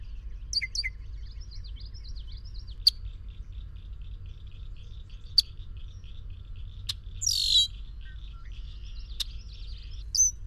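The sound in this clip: Bird song with repeated chirping notes, several sharp clicks and a louder buzzy burst later on, over steady low rumbling background noise.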